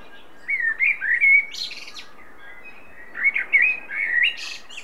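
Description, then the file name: Common blackbird singing two fluted, slurred phrases, each ending in a buzzy high twitter. "Turdus merula"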